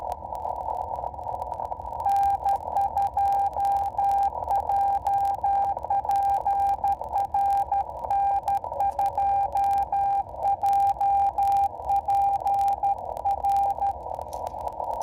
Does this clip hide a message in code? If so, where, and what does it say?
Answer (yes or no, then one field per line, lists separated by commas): yes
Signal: Morse code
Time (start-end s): 2.1-13.9 s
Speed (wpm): 13 wpm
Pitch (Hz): 800 Hz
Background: radio noise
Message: N2JPR N2JPR